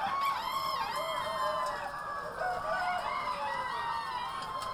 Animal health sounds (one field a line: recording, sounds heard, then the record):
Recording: poultry house recording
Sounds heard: healthy chickens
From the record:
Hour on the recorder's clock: 11